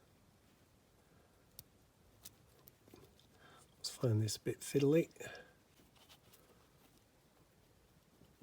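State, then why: Not seated. A small suspension piece is handled against the body of a restored Corgi Rockets Cadillac Eldorado diecast toy car, fiddly to place, making faint sharp ticks near 1.6, 2.3, 2.7 and 3.2 seconds and once more around 7.0 seconds. Someone talks briefly in the middle of the clip. The part has not seated or clicked into place yet.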